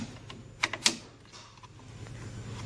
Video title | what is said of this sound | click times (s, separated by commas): coffee printer | Then press each one, click, lock. When you hear the click sound, it means installed wear. | 0.6 s, 0.9 s